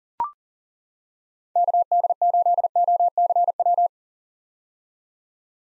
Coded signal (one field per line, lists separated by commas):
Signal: Morse code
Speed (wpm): 40 wpm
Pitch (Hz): 700 Hz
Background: none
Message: KD8OCW